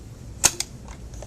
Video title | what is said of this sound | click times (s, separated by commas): How to assemble a Graco Lovin Hug Swing | go and then the other side will do the same thing click | 0.4 s